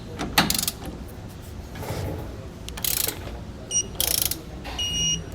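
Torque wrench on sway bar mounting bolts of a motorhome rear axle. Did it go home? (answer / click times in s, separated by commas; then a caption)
yes / 0.4 s, 4.0 s. A click-type torque wrench tightens the mounting bolts of a Roadmaster rear anti-sway bar on the rear axle of a 2013 Ford F-53 chassis motorhome. A sharp cluster of clicks sounds at 0.4 s and again at 4.0 s as each bolt reaches the set torque. The hardware is confirmed torqued to specification.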